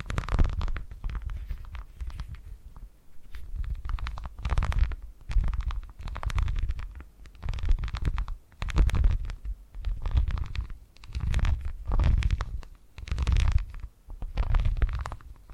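Purring comes in a steady cycle of low, rumbling swells, each lasting about a second and repeating roughly every second and a half. A crackly, scratchy texture rides on each swell, and there are brief quiet gaps between them.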